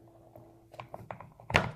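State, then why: Seated. A plastic attachment is pushed into a WORX Hydroshot cordless pressure washer, with a few soft knocks and taps as it is worked into position. A sharp, louder click at 1.6 s marks it seating into place.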